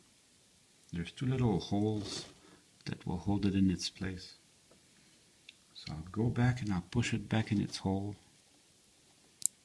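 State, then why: Seated. Someone talks while a thin metal contact strip is pushed back into the two small holes that hold it in place on the frame of an old Atlas Kato RS11 model locomotive being cleaned. A sharp click is heard at 9.5 s, and the strip is seated in good shape.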